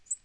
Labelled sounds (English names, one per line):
Black-throated Green Warbler flight call